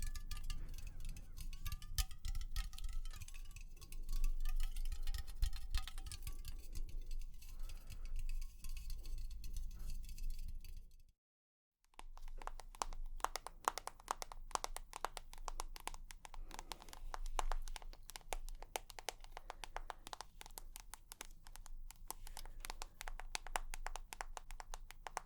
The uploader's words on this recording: ASMR 100% Tapping for Relaxation & Tingles (No Talking).